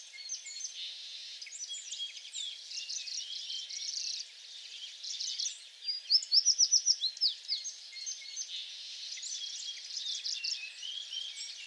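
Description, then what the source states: American tree sparrow song: a short burst of rapid high repeated notes midway through, surrounded by much other twittering. Recorded 28 April 2022; several songs.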